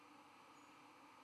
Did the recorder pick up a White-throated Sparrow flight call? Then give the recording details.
no. No flight call is heard. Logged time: 02:22 on 12 November 2014